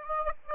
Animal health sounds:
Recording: mosquito wingbeat signal from an infrared sensor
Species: Aedes aegypti

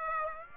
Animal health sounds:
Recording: mosquito wingbeat signal from an infrared sensor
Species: Aedes aegypti

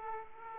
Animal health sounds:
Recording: mosquito wingbeat signal from an infrared sensor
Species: Aedes aegypti

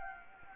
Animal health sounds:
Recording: mosquito wingbeat signal from an infrared sensor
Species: Anopheles gambiae

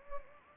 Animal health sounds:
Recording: mosquito wingbeat signal from an infrared sensor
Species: Anopheles gambiae

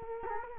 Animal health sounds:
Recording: mosquito wingbeat signal from an infrared sensor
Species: Culex quinquefasciatus

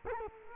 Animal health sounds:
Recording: mosquito wingbeat signal from an infrared sensor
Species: Culex quinquefasciatus

